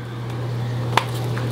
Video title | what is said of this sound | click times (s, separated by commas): Sicce Shark Pro Unboxing | pretty nifty system it clicks and locks into place you can't put it on wrong | 1.0 s